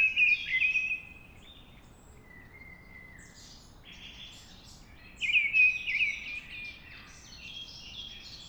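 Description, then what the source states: Mistle Thrush giving two short, melodious phrases about five seconds apart, with high twittering and chirps from other birds in between. Singing at dawn.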